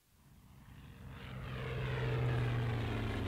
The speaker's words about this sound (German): Die Flugzeuge! Steh sofort auf! Heiraten kannst du 10-mal in deinem Leben, aber so etwas erlebst du nur einmal.